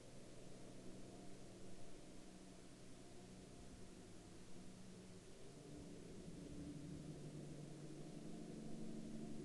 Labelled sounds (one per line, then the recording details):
man-made sound
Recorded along the Dalton Highway, Alaska, on 18 March 2019 at 18:00
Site 05